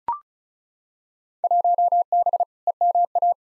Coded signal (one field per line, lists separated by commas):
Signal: Morse code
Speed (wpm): 34 wpm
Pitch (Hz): 700 Hz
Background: none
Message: 1B EMA